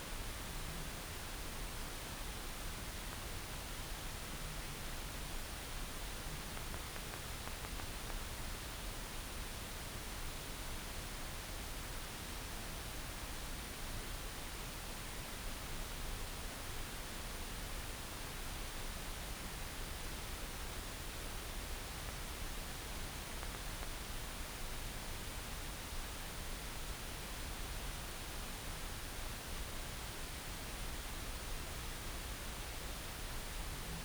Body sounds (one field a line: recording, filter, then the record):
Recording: brain microelectrode recording played as sound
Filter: wide band, above 20 Hz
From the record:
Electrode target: subthalamic nucleus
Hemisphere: right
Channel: 1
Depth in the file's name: 5.102 mm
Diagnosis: Parkinson's disease